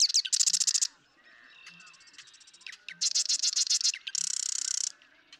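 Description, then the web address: Marsh Wren singing three rapid, buzzy, stuttering rattles, with brief clicking notes between bursts. "birdsongforthecurious Marsh Wren"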